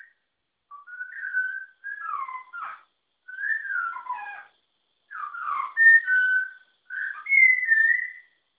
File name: Malabar whistling thrush